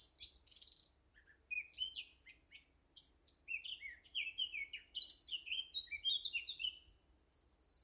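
Eurasian blackcap song: rapid, varied warbling phrases of scratchy and clear notes, with short pauses between bursts and a thin high phrase near the end.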